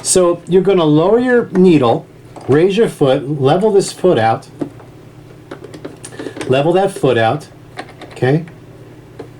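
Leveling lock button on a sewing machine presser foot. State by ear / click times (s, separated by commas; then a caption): seated / 9.2 s. Someone talks while working the presser foot of a Juki HZL F300 sewing machine set up for thick fabric: with the needle lowered, the foot raised and leveled, the black leveling button on the foot is pushed in. A few faint taps come in a pause around 5.5 to 6.1 seconds, and the button latches with a single click at 9.2 seconds, seated.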